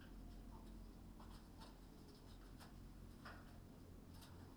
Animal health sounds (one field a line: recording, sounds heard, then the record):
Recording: poultry house recording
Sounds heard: healthy chickens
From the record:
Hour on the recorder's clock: 19